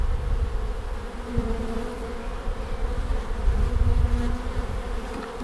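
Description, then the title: Bees give a continuous low humming buzz, with overlapping wavering tones as insects fly past, and a few louder low bumps. Bees recorded at the end of March in Langel, Cologne, Germany. "Langel, Köln, Deutschland - Bienen Ende März. Bees at the end of march"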